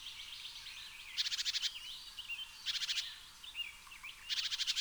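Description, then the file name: Eurasian blue tit churring call: three rapid, buzzy stuttered bursts spaced over a second apart, with softer chirping notes between. "Cyanistes caeruleus"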